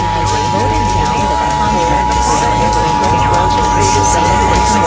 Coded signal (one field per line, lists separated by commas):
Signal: Emergency Alert System (SAME) tones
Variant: 853 and 960 Hz attention tone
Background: speech, music